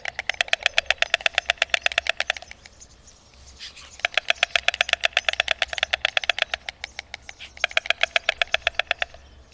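Bird trill of fast, evenly spaced dry pulses, delivered in three bursts separated by short pauses, over a steady low hum.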